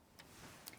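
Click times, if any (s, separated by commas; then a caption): 0.7 s. An embroidery unit is slid onto a sewing machine's free arm, the latch is opened, and the unit is pushed in all the way. A soft sliding noise is followed by a sharp click at 0.7 s as the unit latches and locks into place.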